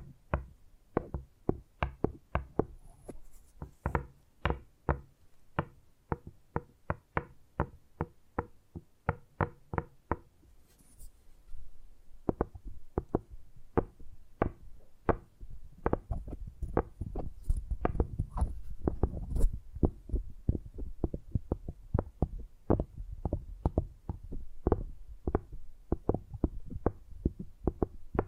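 Tapping sounds, sharp and knocking, repeat at a fairly steady pace of about two or three taps per second. After a brief pause near ten seconds, the taps return denser and quicker, some softer and closer together, over a low, thumping undertone.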